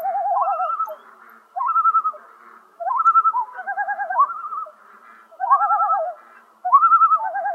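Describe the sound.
Common loon tremolo calls: wavering, quavering phrases that rise then warble on two pitches, repeated several times with short silent gaps between bursts.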